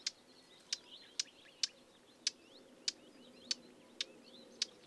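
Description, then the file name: Eurasian blackcap giving a series of sharp, hard 'tak' clicks, with faint high chirps of other birds behind. "Sylvia atricapilla"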